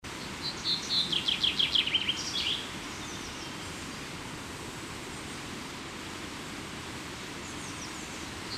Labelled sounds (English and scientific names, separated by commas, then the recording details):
Common Chaffinch (Fringilla coelebs) song
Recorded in the wild
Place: Kaiserslautern, Rheinland-Pfalz, DE
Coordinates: 49.4247, 7.77889
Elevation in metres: 279
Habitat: garden
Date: 1986-07-15
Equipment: Nagra IV, Sennheiser MKH 815 T
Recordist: Tretzel, Erwin
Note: Garten, Kaiserslautern: Gesang